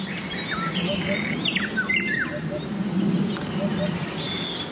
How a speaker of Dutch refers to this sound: vlakbij de Middellandse Zee, en hoorde dit prachtige gezamenlijke concert van Nachtegaal, Wielewaal, bloep, bloep, hop, hop, hop, en nog wat KBV'tjes, hè, kleine bruine vogeltjes. Echt genieten.